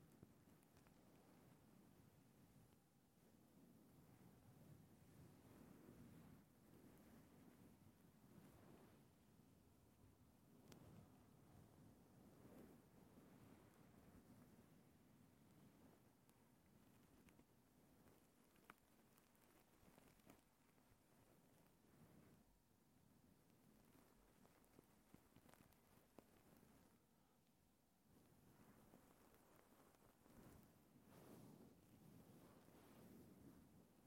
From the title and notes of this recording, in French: Voici un petit meldey de plusieurs triggers que j'ai fait juste pour vous (tapping, fluffy, crépitements etc..)